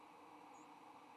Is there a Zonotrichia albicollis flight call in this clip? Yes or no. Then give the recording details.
no. Another species' flight call is heard. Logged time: 07:33 on 15 November 2014